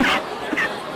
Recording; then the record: coughing mixed with background sound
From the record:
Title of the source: 31 night wet cough